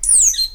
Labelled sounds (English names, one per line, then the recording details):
Stitchbird song
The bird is a male
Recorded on Tiritiri Matangi Island, New Zealand, in 2005
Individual 7, of nest box 9